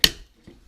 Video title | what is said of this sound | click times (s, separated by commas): Yakima Ridgeline Jetstream Skybox 21 | clip the smart fit housing into the top of the tower you'll hear it click into place | 0.0 s